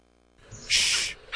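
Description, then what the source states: Red-bellied Woodpecker call: one harsh burst lasting about half a second after a brief quiet start, then the start of another at the end. Played back on a radio programme.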